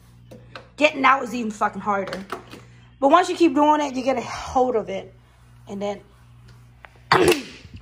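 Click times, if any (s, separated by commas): 7.1 s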